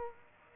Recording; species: mosquito wingbeat signal from an infrared sensor; Aedes aegypti